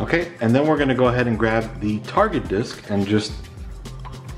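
Someone talks while picking up the target 2.5-inch SSD to plug it into the second bay of a USB dual-bay SATA drive docking station, where its SATA connector is meant to seat. The clip ends before the drive goes in, so nothing has seated or clicked yet.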